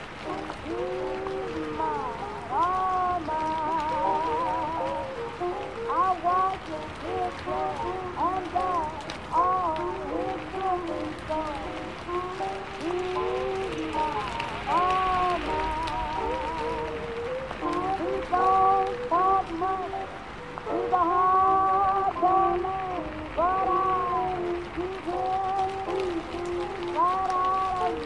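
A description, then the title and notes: Oldies play from another room, a sung melody with gliding, wavering notes riding over a steady backing that keeps going the whole time. Rain patters underneath as a dense, constant hiss, with no breaks or sudden events. Oldies playing in another room and it's raining ( it's a great night).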